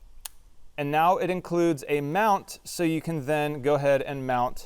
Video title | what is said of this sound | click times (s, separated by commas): Wyze Cam Telephoto Review and 1st Impressions!! | And all this does is basically slide and click right in the top of either of the cameras. | 0.3 s